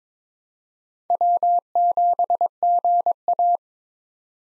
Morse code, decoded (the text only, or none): W7GA